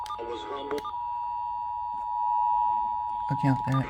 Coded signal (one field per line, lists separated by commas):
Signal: Emergency Alert System (SAME) tones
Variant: 853 and 960 Hz attention tone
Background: speech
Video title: Tennessee Fails AGAIN... (EAS Tests of July 2022 ft. NWS Memphis) (EAS # 1243-1259)